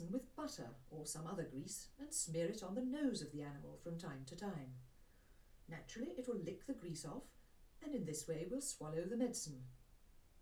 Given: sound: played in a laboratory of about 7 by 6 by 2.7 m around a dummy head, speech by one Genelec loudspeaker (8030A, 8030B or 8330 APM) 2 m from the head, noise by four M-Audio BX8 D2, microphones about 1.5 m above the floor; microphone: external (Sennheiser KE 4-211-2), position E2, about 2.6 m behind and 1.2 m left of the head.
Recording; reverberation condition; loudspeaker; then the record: female speech in English; low; 30 degrees to the right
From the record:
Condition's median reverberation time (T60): about 310 ms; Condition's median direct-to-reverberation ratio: about 3.5 dB